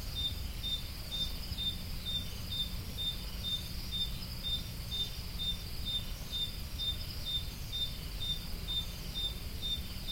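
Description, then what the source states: Cricket chirping in an even rhythm of short high pulses, near two each second, over persistent low-frequency noise. Crickets recorded at Roodekopjes.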